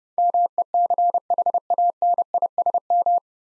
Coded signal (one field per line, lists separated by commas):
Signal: Morse code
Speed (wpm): 30 wpm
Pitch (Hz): 700 Hz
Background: none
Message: MECHANISM